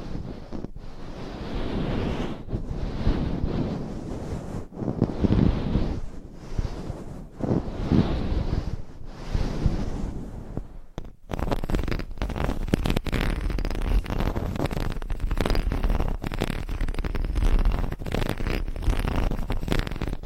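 Brushing across a microphone, first in slow, even sweeps that swell and fade roughly every two and a half seconds. Around eleven seconds it switches to dense, rapid scratching, a bright crackling rush that continues steadily to the end.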